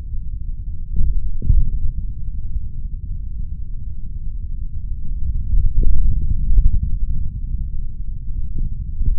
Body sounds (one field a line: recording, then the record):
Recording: forearm muscle sounds (acoustic myography)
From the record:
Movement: finger pinch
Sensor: system 3, bracelet of six PUI Audio POM-2738L microphones around the upper forearm, with dedicated amplification and filtering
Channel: 1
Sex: male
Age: 26 years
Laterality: right